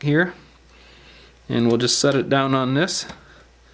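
A plastic rear housing part is handled over an LG G3 smartphone frame during a screen replacement, about to be set down and pressed so its clips click in. Someone talks briefly, then continues after a quiet pause. Nothing has seated or clicked yet.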